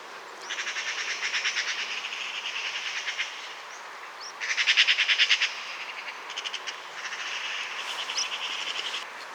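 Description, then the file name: Eurasian magpie in several rasping rattled bursts of quick clicking notes, one in the middle loudest, separated by short pauses. "Pica pica"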